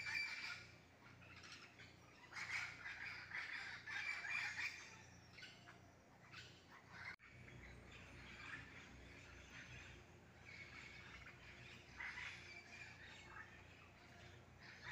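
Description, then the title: Parakeets in a noisy chattering flock, bursts of harsh screeching squawks rising and fading in waves, quieter scattered calls in the second half. Wild green parakeets at 6:15 AM in a garden mango tree, feeding on mangoes, noisy as if partying or fighting, knocking mangoes down. "El Canto de los pericos en la mata de Mango"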